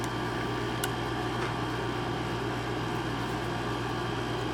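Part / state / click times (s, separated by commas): takedown pin into pistol frame / not seated / none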